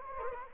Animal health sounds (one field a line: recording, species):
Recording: mosquito wingbeat signal from an infrared sensor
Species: Anopheles gambiae